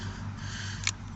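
The locking tab of a plastic quick-connect fuel line clip on the lower pipe at a diesel fuel filter head on a Kia or Hyundai is pushed down. It seats with one sharp click at 0.9 s, over a steady low hum. The clip is locked home.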